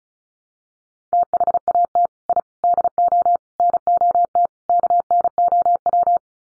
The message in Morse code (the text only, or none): THAT I DO NOT KNOW